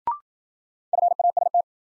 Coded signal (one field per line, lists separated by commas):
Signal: Morse code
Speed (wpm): 53 wpm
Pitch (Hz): 700 Hz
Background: none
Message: FAST